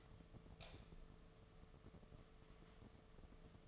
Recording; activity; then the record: daily activity, microphone in the room; light on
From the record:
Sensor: 4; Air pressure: 1015.6 hPa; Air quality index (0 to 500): 183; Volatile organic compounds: 8 ppm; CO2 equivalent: 2119 ppm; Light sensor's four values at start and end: 18/43/18/18 and 21/52/21/23